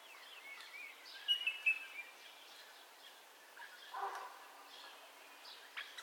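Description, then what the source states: Several birds at dawn trade soft twitters and whistles, with a quick cluster of bright chirps early on and a rushing sound midway. Dawn ambience of bird calls, recorded in stereo.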